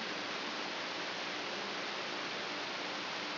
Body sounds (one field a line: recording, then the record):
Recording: brain microelectrode recording played as sound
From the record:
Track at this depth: outside the subthalamic nucleus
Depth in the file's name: 6.868 mm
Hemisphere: left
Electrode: 3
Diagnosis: Parkinson's disease